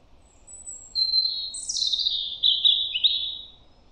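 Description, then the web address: European robin singing: a faint high thin note, followed by one long sweet trilling phrase that sweeps downward and wavers before fading. "Deverinetal 2025 File origin Bird Only Er Ru"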